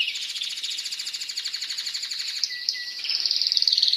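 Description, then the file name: Canary delivering a steady, fast pulsed roll, then moving into a higher, brighter trill near the close. Song of a Spanish breed canary. "canto do canario raca espanhola"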